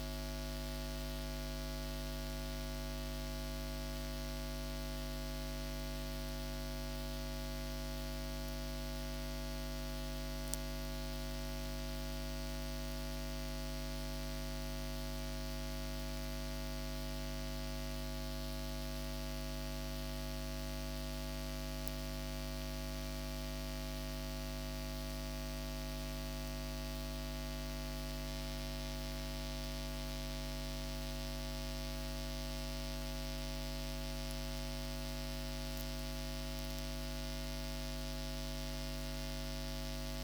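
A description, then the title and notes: A VLF radio recording dominated by a loud, steady electrical hum with a ladder of buzzing overtones, over a constant bed of hiss that reaches into the highs. Nothing changes across the forty seconds except a single faint click around ten seconds. This time I’ve decided to focus into the invisible and inaudible atmospheric soundscape by recording a diary of the electromagnetic VLF radio waves during these times.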